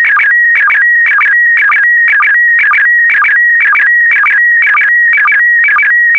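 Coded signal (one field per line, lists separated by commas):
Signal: SSTV (slow-scan television)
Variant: PD120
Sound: warbling tones repeating twice a second, with steady mid tones and short low blips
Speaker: get ready starting transmission in 5 4 3 2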